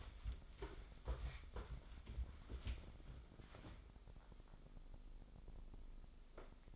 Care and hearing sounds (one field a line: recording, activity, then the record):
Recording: daily activity, microphone in the room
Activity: wipe stove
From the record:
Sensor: 5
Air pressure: 996.2 hPa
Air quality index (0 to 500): 96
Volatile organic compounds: 5 ppm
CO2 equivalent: 1823 ppm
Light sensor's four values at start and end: 35/80/34/37 and 35/80/34/38